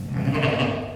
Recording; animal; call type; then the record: contact call of a hoofed animal; sheep; low-frequency (closed-mouth) or high-frequency (open-mouth) call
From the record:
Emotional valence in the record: negative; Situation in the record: short social isolation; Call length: 0.96 s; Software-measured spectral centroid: 1730 Hz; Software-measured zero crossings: 1390 a second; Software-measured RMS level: -24 dBFS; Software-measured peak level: -8 dBFS